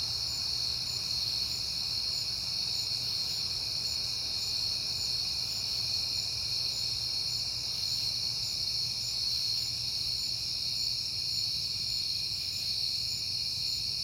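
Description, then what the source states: Crickets keep up an even, shrill chorus without breaks, over a faint low drone. Crickets recorded on a peaceful night in September.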